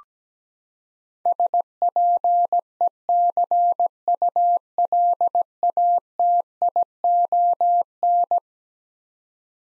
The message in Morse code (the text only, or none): SPECULATION